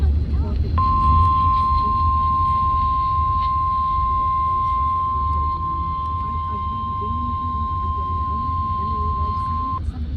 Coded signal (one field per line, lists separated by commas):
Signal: Emergency Alert System (SAME) tones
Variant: 1050 Hz attention tone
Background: speech